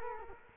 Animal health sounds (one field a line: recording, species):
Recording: mosquito wingbeat signal from an infrared sensor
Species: Culex quinquefasciatus